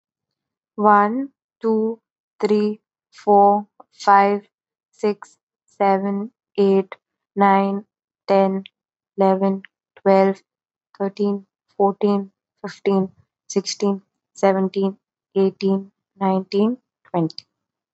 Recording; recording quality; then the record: counting at a normal pace; excellent, no background noise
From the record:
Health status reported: respiratory illness, not identified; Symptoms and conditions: asthma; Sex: female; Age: 23 years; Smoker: not ticked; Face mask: not worn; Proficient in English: yes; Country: India